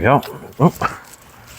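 While installing a starter wire relocation kit on a Dakota, a wire retaining clip is being handled and pushed toward its mount in the engine bay. Someone talks over it, with a faint short tick near 1.1 s. Nothing has seated or clicked into place yet.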